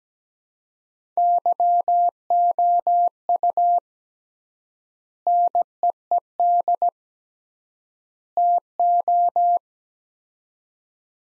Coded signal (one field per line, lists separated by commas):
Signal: Morse code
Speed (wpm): 17 wpm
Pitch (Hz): 700 Hz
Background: none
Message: YOU NEED TO